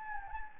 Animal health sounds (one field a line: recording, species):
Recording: mosquito wingbeat signal from an infrared sensor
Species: Anopheles gambiae